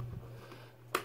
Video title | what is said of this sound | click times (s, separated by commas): TURNOUT LIGHT SHOWING DIRECTION OF POINTS | you've got to hold this down so you'll know that's a nice smooth throw I like to hear them click so | 0.9 s